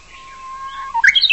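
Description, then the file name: Japanese bush warbler song: a long, steady low whistle, then a quick rising, fluty flourish of higher notes. "uguisu miyake"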